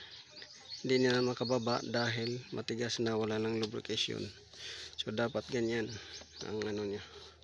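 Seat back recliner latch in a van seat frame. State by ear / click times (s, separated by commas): not seated / none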